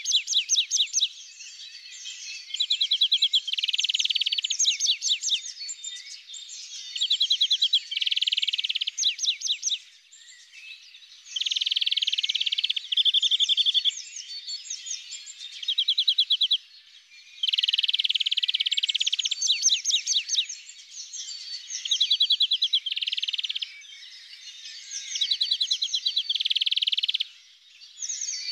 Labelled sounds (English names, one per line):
European Greenfinch song